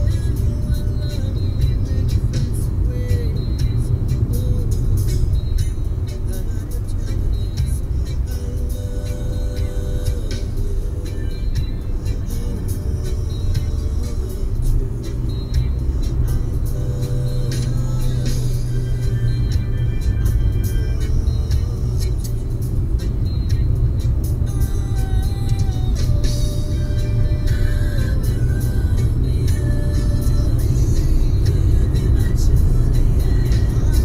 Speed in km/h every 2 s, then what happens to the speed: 82, 82, 81, 78, 76, 78, 81, 85, 85, 80, 78, 78, 82, 84, 90, 98, 105.
0-9 slows to 76. 9-16 speeds up to 85. 16-22 slows to 78. 22-34 speeds up to 105.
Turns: none.